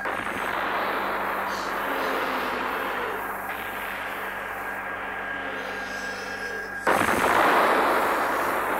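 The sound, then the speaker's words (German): A steady, rumbling mechanical drone with a faint high whine runs for several seconds, then a sudden loud explosion bursts in and its roar carries on to the end. “Was war das für ein Geräusch? Die Explosion?”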